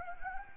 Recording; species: mosquito wingbeat signal from an infrared sensor; Anopheles gambiae